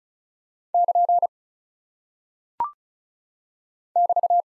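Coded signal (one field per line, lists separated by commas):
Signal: Morse code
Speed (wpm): 36 wpm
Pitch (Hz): 700 Hz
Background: none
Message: <KN> <BT>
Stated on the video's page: Morse practice of punctuation and prosign characters at 35 wpm; each is sent, spoken, then sent again for head-copy.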